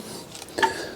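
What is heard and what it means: On a crash-damaged Cat N Fiat 500, a loose brake pipe is pushed back into its metal retaining bracket on the car body after the bent bracket was straightened with pliers. Two faint ticks come at 0.35 and 0.42 seconds, then a sharper, louder click at 0.6 seconds as the pipe seats in the bracket.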